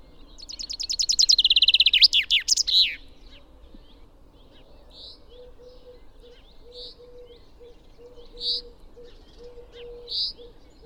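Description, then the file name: Common chaffinch song: a bright trill falling into a flourish, then single sharp high notes every one and a half to two seconds over a steady low repeated hum. "Fringilla coelebs"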